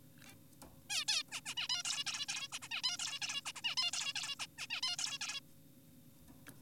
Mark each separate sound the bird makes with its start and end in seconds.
0.26-0.34, 0.90-1.05, 1.08-1.23, 1.31-1.40, 1.46-1.54, 1.57-1.68, 1.70-1.83, 1.85-2.04, 2.07-2.26, 2.28-2.48, 2.52-2.59, 2.62-2.68, 2.71-2.82, 2.84-2.98, 2.99-3.19, 3.22-3.42, 3.46-3.52, 3.56-3.62, 3.64-3.75, 3.78-3.91, 3.93-4.13, 4.16-4.36, 4.40-4.46, 4.58-4.67, 4.70-4.81, 4.83-4.96, 4.99-5.19, 5.21-5.40